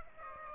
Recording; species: mosquito wingbeat signal from an infrared sensor; Aedes aegypti